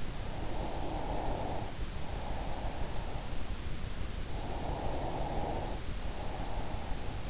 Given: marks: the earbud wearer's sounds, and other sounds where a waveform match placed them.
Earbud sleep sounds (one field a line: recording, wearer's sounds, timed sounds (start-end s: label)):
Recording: sounds in sleep by an in-ear microphone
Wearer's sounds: breath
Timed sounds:
0.17-3.49 s: breath
4.07-7.30 s: breath